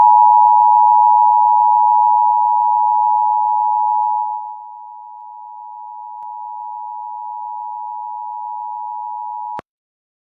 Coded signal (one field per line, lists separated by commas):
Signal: Emergency Alert System (SAME) tones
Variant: 853 and 960 Hz attention tone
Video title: Eas Scenario 2 BOOM!!! Reupload